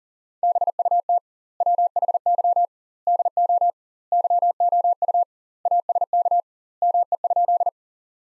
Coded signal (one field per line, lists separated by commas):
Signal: Morse code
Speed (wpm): 40 wpm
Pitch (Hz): 700 Hz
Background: none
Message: BUT WHY DO YOU ASK ME?